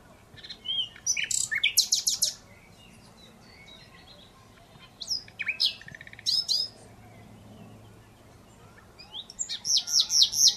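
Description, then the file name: Common Nightingale song in three varied phrases of rapid high repeated notes and whistles, broken by short silences. "Luscinia megarhynchos"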